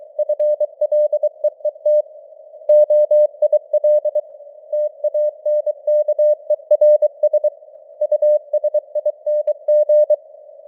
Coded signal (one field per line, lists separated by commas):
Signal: Morse code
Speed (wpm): 23 wpm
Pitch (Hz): 600 Hz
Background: none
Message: FLEET OIL TANKERS USING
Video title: Morse Code News | 2025-11-30 | 23wpm